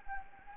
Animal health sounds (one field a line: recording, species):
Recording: mosquito wingbeat signal from an infrared sensor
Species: Anopheles gambiae